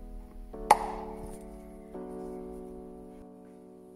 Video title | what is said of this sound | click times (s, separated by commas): VW T5 Transporter 2.0 TDI SERVICE, OIL CHANGE, FUEL FILTER, CABIN FILTER & AIR FILTER | Always remember to check that you're fitting this the right way around and then press it into place. You should hear a click. | 0.7 s